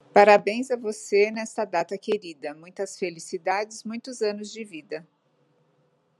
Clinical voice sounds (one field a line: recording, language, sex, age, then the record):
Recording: short text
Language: Brazilian Portuguese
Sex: female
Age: 50 to 59 years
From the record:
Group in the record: control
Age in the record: 59 years